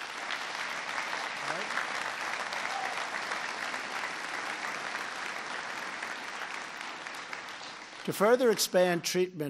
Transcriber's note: applause